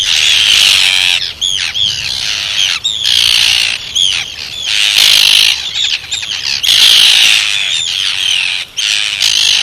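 Arctic tern grating, screeching calls in long harsh bursts with brief gaps, interspersed with short clipped notes and quick downslurred squeaks.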